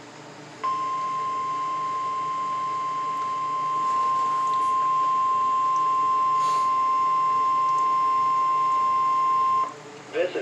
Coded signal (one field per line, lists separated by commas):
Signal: Emergency Alert System (SAME) tones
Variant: 1050 Hz attention tone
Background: speech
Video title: EAS #27 | Required Weekly Test | Mansfield, OH | WWG57 | August, 24th, 2022